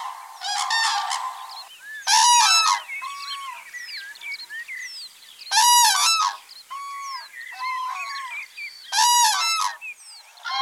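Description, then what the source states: Common crane calls: four bugling bursts, with softer rising and falling call notes between them. Known for its leaping courtship display, males jumping over the females.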